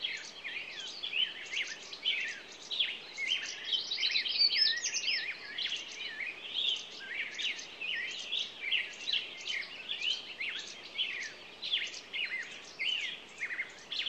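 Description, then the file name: Songbird chorus of overlapping chirps and whistled phrases, rapid and irregular, several birds singing at once against a faint background hiss. Morning songbirds. "Echoes Of Nature-Morning Songbirds"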